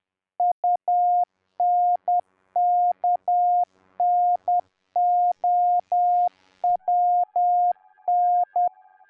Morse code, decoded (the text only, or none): UNKNOWN